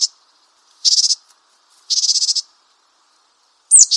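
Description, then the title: Japanese tit calling with rasping, buzzy bursts, two longer ones in a row, then a sharp high note leading into another buzz; no other sounds. "suara burung gelatik batu jepang"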